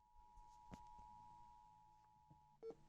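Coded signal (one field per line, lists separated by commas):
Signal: Emergency Alert System (SAME) tones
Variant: 853 and 960 Hz attention tone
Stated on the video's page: EAS child abduction emergency received via an FM station.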